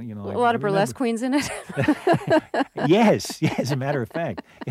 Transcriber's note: laughs